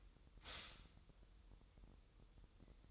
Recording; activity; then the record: daily activity, microphone in the room; stop toaster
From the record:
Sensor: 3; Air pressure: 988.6 hPa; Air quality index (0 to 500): 194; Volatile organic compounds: 295 ppm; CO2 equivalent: 4469 ppm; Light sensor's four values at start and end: 23/72/30/26 and 23/72/30/26